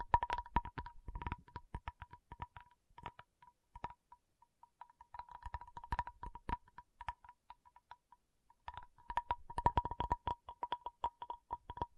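A tapping session of quick, dense clicks and taps in uneven bursts, with a steady thin tone underneath and brief pauses near four and eight seconds.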